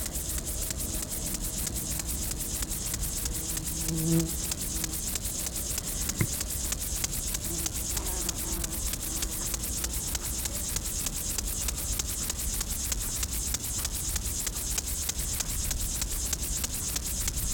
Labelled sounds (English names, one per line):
Upland Field Grasshopper stridulation